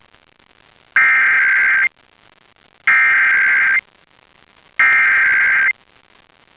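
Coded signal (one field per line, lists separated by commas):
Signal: Emergency Alert System (SAME) tones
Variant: header bursts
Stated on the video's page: Real EAS Required Monthly Tests received off air from FM broadcast stations and translators in Pennsylvania.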